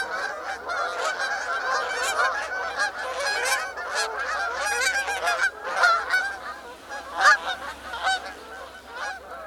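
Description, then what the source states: Canada goose: canada geese honking loudly, many sharp nasal calls overlapping in rapid succession, with a few louder bursts near the end. Flock flying overhead.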